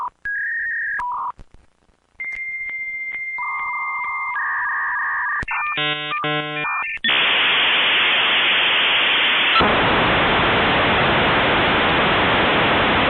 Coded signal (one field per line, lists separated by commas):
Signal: dial-up modem handshake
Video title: 10 Minutes of Dial A Modem | Just Annoying Sounds